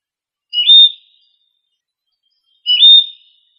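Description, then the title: Bird song: two short, bright chirping phrases, each about half a second long and spaced about two seconds apart, with a clean, quiet background. "LuckyPassaros CompletosSama"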